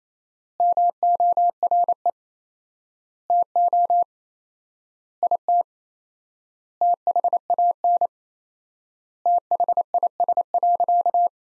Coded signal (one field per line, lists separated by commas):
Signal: Morse code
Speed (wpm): 28 wpm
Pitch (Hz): 700 Hz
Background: none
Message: MORE TO IT THAN THIS.